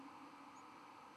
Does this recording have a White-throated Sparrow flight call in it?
no